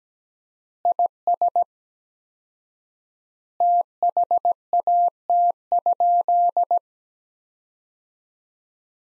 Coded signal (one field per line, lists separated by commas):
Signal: Morse code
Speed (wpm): 17 wpm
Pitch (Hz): 700 Hz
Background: none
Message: IS THAT?